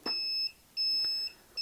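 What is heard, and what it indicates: Two steady high-pitched beeps, each about half a second, then a third starting: an electrotherapy unit confirming the setting when the leftmost button is pressed, after the intensity has been set with the first and second buttons counting from the right.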